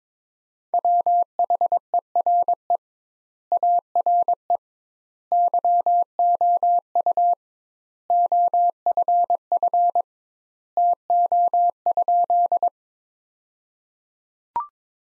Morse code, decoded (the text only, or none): WHERE ARE YOU OFF TO?